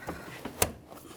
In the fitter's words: locks in place it'll just click now